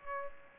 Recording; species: mosquito wingbeat signal from an infrared sensor; Aedes aegypti